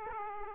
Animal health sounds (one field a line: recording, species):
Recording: mosquito wingbeat signal from an infrared sensor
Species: Aedes aegypti